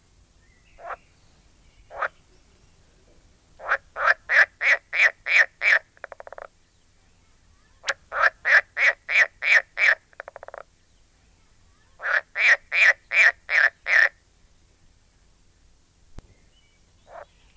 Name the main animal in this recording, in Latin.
Pelophylax esculentus